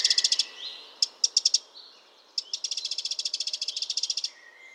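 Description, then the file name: Eurasian wren calling with sharp ticks, then a long, fast, even rattle of high clicking notes. "Troglodytes troglodytes"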